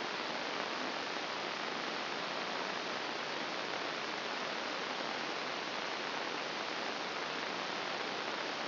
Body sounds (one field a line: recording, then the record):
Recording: brain microelectrode recording played as sound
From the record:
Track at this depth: outside the subthalamic nucleus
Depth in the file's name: 0.545 mm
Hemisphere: left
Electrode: 3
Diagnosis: Parkinson's disease